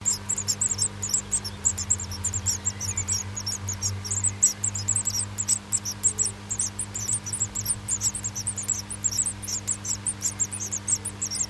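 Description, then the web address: Bird calls: very high, thin, rapid notes in a steady stream of short bursts, over a constant low electrical hum. Recorded in a nest box on 3 May 2005 at 19:39. "nistkasten 20050503 1939"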